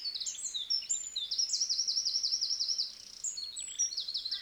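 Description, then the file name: Eurasian wren song: a rapid, loud jumble of very high twittering notes running into a fast, even trill in the middle, then more quick chattering notes. "Troglodytes troglodytes"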